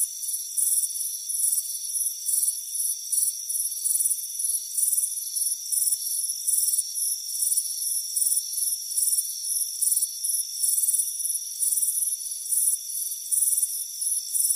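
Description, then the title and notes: Crickets chirping in rapid high bursts, a dense rhythmic pulsing over a steady ringing insect drone. Crickets chirping on a warm afternoon, heard from a front porch. "Soothing Crickets Chirping Sound. It's a warm afternoon as you relax in a hammock on the front porch. Relax and fall asleep to the soothing sound of chirping crickets"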